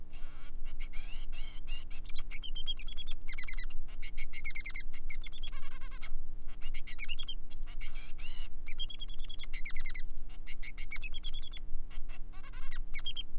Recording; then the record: song of a male Bengalese finch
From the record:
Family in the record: son of father 3